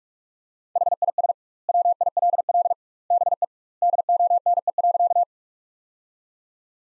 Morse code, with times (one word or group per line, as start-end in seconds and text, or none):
0.8-1.3 HIS
1.7-2.7 WILL
3.1-3.4 BE
3.8-5.2 DONE.